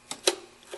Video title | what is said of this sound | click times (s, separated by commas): How to diagnose engine misfire | You just take the line, put it into the fitting, push it until you hear a snap, | 0.3 s